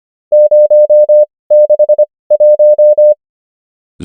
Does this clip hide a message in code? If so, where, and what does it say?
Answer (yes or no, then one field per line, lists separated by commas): yes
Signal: Morse code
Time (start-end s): 0.3-3.1 s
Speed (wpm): 25 wpm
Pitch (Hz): 600 Hz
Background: none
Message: 061